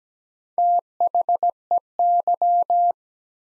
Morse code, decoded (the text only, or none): THEY